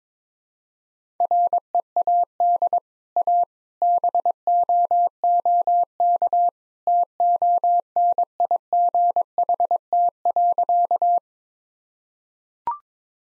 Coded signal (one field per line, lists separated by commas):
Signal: Morse code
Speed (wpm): 22 wpm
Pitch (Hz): 700 Hz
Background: none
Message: READ A BOOK TONIGHT.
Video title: Easy Sentences with Hints - 22wpm